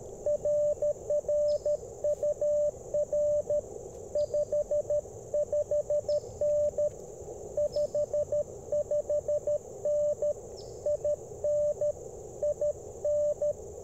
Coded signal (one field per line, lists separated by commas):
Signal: Morse code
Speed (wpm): 22 wpm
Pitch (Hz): 590 Hz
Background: radio noise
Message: RR UR 55N 55N IN IN